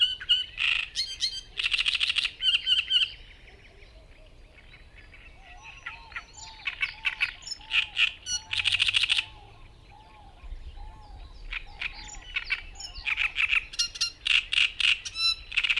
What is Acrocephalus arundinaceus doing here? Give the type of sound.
song